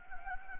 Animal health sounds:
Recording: mosquito wingbeat signal from an infrared sensor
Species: Anopheles gambiae

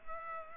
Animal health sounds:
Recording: mosquito wingbeat signal from an infrared sensor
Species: Culex pipiens

